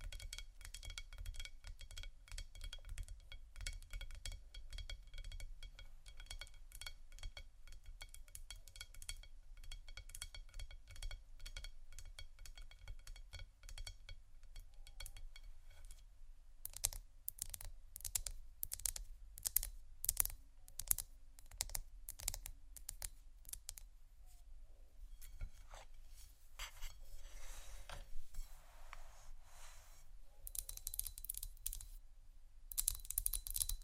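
Quick, irregular tapping and clicking of marble on wood runs throughout, with a steady low rumble underneath. After about sixteen seconds the taps grow sharper and brighter, mixed with scratching and crinkling, and bursts of denser scraping come near 26 and 31 seconds.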